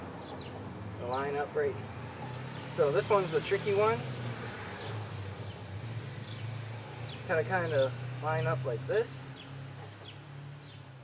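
A metal brake pad retaining clip is being lined up with the holes in a caliper bracket before it is pressed home, while someone talks over a steady low hum. Nothing has seated or clicked yet.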